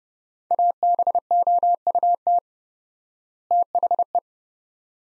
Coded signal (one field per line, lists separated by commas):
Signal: Morse code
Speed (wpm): 29 wpm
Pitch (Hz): 700 Hz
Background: none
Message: ABOUT THE